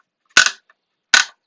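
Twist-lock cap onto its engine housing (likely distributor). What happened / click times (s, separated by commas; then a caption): A twist-lock cap clicked into place / 1.1 s. On a small block engine being torn down, a twist-lock, screw-on style cap (likely a distributor cap, rather than the expected pop-on type) is turned onto its engine housing. A sharp, loud crack sounds at 0.4 s, followed by a faint tick, and then a second sharp, loud click at 1.1 s as the cap locks into place.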